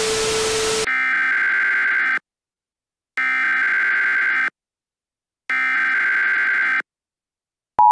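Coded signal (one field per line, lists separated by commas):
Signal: Emergency Alert System (SAME) tones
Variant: header bursts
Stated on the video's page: Fictional EAS scenario, horror-themed.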